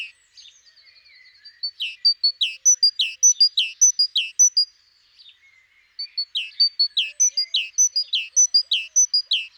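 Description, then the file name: Great tit calling: faint twittering, then two long runs of quick paired notes, each a high pip and a dropping slur. "Parus major"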